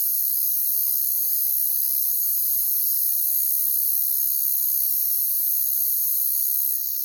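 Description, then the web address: Crickets giving a steady, unbroken high-pitched trilling chorus. "WLL Grade 1-12 Pre-Uni Library Natures Songs Sleep Sounds of Nature CRICKETS Crickets"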